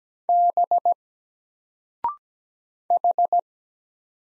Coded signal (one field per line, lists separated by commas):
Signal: Morse code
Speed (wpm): 17 wpm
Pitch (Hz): 700 Hz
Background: none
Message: B H